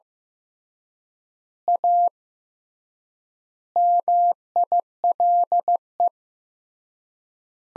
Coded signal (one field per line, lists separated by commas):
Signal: Morse code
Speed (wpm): 15 wpm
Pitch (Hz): 700 Hz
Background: none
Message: A MILE